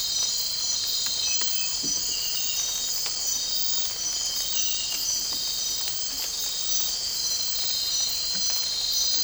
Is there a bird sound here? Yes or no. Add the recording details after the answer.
no. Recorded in dense forest near Puerto Asís, Putumayo, Colombia, on 8 March 2025 at 01:30. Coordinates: 0.467, -76.328. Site G041